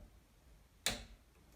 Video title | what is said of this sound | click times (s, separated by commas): The life of a jobbing plumber #5 | can hear that click there that's | 0.9 s